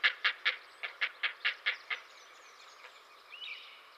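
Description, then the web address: Great blue heron calls: a run of about nine harsh, raspy barks, then quieter, fainter sounds. "Dan Gibson's Solitudes Nature Trails. Great Blue Heron"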